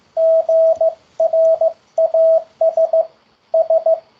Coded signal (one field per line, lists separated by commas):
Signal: Morse code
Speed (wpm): 15 wpm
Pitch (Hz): 650 Hz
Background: radio noise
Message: GRASS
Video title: ZS-CW Morse Code Word Practice 27/7/2023 - Beginner's Corner Hosted by ZS6MSW